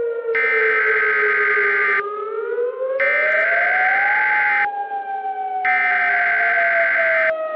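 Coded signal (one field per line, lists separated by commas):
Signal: Emergency Alert System (SAME) tones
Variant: header bursts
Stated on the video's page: Fictional EAS scenario using valid EAS tones.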